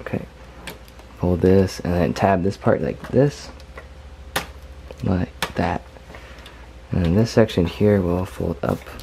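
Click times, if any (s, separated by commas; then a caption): 4.4 s. Someone talks while folding part of a Lego brick-built Transformers Devastator vehicle and tabbing a plastic brick tab into a mating brick section. A loud, sharp snap at 4.4 s marks the tab seating into place, with fainter clicks from the handling around it.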